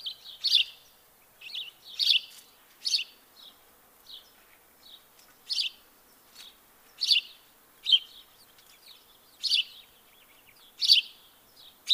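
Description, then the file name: House sparrow calling in a run of loud, rough chirps, with weaker chirps scattered between them. "Passer domesticus"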